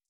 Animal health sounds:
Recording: hydrophone in a shrimp aquaculture tank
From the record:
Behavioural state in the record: stressed

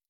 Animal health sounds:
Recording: hydrophone in a shrimp aquaculture tank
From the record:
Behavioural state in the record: stressed

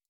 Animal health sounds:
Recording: hydrophone in a shrimp aquaculture tank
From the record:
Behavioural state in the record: stressed

